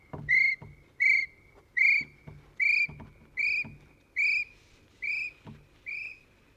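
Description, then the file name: Kiwi calling: a series of eight shrill, even whistles, each a short rising note. "avskiwils"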